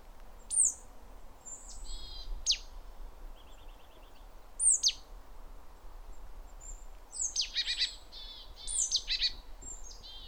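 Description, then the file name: Great tit giving scattered high falling notes and short buzzy rattles, building into a busier churring run near the end, over a soft steady background hiss. "Parus major"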